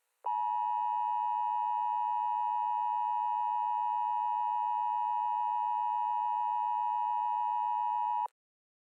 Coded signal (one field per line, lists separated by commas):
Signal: Emergency Alert System (SAME) tones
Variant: 853 and 960 Hz attention tone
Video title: Someone's Missing: An EAS Mock (Read Desc)